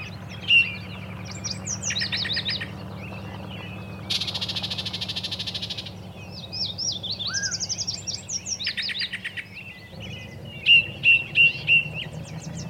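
Bird chorus of buzzy trills, warbled phrases and bright repeated chirps over a low humming rumble.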